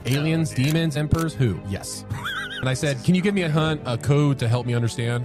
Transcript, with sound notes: "Aliens, demons, emperors, who?" "Yes." (laughs) And I said, "Can you give me a hun- a code to help me understand?"